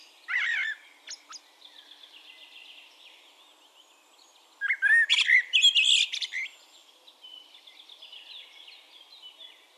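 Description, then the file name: Common blackbird singing one short fluty warble ending in squeaky twittering, after a brief opening note; faint high calls of other birds run through the background. "Turdus merula"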